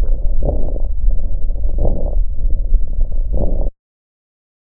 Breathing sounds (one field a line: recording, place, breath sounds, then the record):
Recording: lung sounds by stethoscope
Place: right posterior upper chest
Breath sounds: crackles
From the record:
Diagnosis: bronchitis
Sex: male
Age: 24 years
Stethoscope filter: extended mode, 50 to 500 Hz